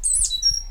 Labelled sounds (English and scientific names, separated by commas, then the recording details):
Stitchbird (Notiomystis cincta) song
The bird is a male
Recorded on Tiritiri Matangi Island, New Zealand, in 2005
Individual 8, of nest box 10